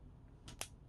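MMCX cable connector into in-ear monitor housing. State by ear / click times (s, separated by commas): seated / 0.6 s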